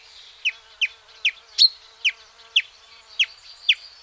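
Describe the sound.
Marsh warbler song: a series of sharp, downslurred notes repeated about twice a second, one of them brighter and higher than the rest.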